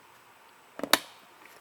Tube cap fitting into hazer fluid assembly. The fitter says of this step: clicks and doesn't come out so we'll move him to the side okay